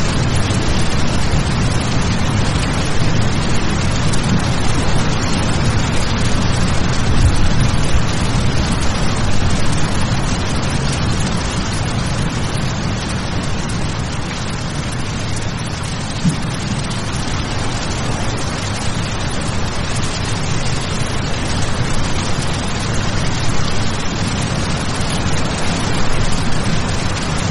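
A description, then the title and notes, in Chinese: A steady, dense roar of falling water and rain, heavy in the low end with a constant hiss above, unchanging throughout. 雷雨声 永恒的瀑布。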